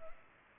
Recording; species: mosquito wingbeat signal from an infrared sensor; Culex pipiens